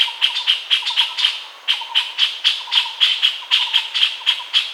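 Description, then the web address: Puff-throated bulbul calls: rapid, repeated chirpy notes, several each second, with a lower warbled undertone. "Puff throated bulbul. صدای-بلبل-گلو-پفی"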